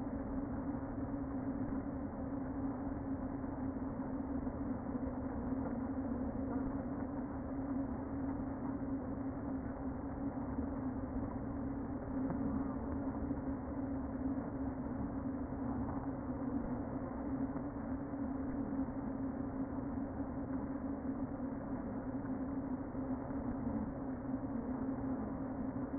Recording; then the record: honeybee colony, microphone inside the hive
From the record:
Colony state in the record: queen present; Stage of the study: before two queens were removed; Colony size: about 60,000 bees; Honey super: yes